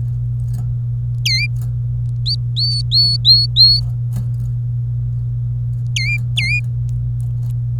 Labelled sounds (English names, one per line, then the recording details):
Domestic Canary song
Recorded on 25 April 2018 at 11:58
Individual llb3